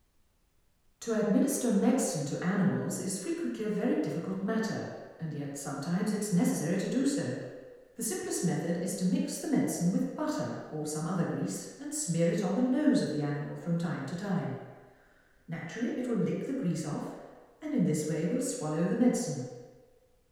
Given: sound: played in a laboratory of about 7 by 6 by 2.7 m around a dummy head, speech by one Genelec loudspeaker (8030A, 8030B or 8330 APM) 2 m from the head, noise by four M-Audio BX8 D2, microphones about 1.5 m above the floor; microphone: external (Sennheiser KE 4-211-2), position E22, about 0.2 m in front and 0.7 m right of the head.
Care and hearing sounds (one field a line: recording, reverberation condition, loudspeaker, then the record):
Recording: female speech in English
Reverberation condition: high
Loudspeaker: 150 degrees to the left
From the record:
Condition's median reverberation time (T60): about 1300 ms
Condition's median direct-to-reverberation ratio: about -4.0 dB